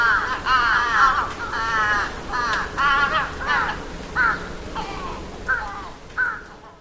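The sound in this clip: Crow calling with a series of harsh caws that grow shorter and fainter toward the end.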